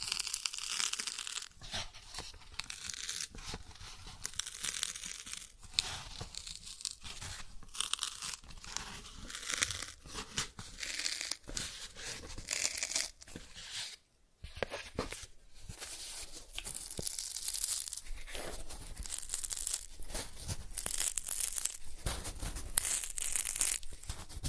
Cardboard Scratching, Tracing, Tearing